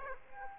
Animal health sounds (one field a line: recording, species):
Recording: mosquito wingbeat signal from an infrared sensor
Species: Aedes aegypti